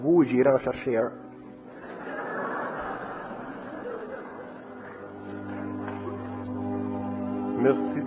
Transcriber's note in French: Rires et applaudissements du public